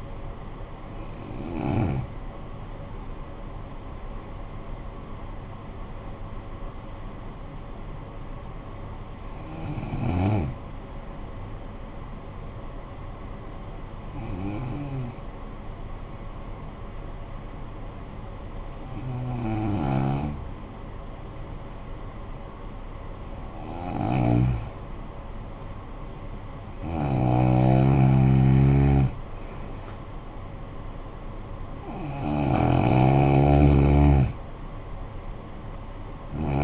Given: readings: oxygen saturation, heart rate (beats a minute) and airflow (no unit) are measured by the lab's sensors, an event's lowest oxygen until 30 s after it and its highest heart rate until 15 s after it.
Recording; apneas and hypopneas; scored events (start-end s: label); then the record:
breathing in sleep by a smartphone at the bedside; 1
17.00-29.80 s: hypopnea (N1, oxygen 95% highest, then 89% lowest, heart rate 50 at the start, 62 highest)
From the record:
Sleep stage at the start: N1 (lightest sleep); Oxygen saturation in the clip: 85 to 95%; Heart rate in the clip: 49 to 73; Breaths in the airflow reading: 7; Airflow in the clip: -12.9 to 13.3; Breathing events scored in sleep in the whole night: 445 in 7.6 hours asleep